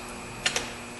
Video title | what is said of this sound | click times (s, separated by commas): Battery Replacement 2013-2019 Ford Escape | push it back in you'll hear it snap in place | 0.5 s